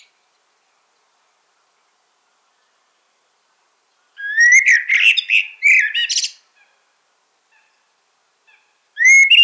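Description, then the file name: Common blackbird song: a warbled phrase near the middle, fluty notes then a high twittering end, with another phrase starting at the close; otherwise silent. "Turdus merula"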